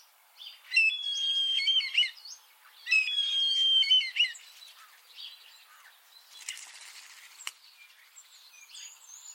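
Common starling song with two long buzzy, rattling phrases carrying a steady whistled tone, followed by softer scattered squeaks and chirps.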